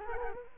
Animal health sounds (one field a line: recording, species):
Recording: mosquito wingbeat signal from an infrared sensor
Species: Culex quinquefasciatus